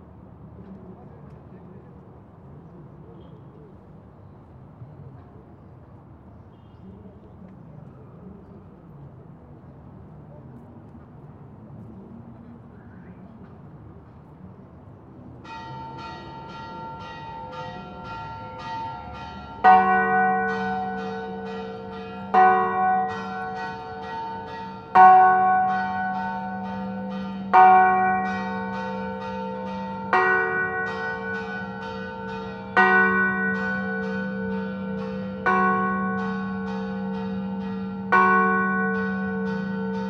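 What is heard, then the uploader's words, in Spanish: Cathedral bells ring out after about fifteen seconds of low murmuring background, first faintly, then from around twenty seconds as loud, regular strikes every two to three seconds. Each rich, deep toll hangs and fades before the next, over a steady low hum. Campanas Catedral Del Cusco Octava De Corpus by Alejandro Cornejo Montibeller.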